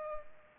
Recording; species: mosquito wingbeat signal from an infrared sensor; Culex pipiens